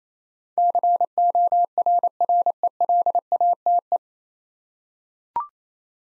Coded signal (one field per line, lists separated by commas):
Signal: Morse code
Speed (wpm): 28 wpm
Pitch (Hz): 700 Hz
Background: none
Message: CORRELATE